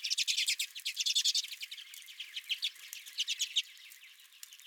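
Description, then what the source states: Redpoll calls as a fast series of dry, ticking chatter notes, fading toward the end. Redpolls at the recordist's own feeder.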